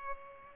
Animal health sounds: mosquito wingbeat signal from an infrared sensor; Culex pipiens

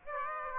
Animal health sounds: mosquito wingbeat signal from an infrared sensor; Aedes aegypti

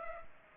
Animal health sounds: mosquito wingbeat signal from an infrared sensor; Culex pipiens

